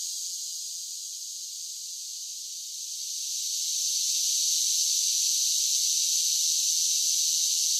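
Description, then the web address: Cicada chorus, a continuous high shimmering buzz that dips slightly, then swells louder after about three seconds and stays strong to the end. Large groups of cicadas singing together. "Blast Wave Update 1 Cicadas Sing"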